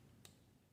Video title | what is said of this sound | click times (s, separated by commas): Transformers Studio Series 81 Deluxe Class Bumblebee Movie Wheeljack | that's going to lock into place | 0.2 s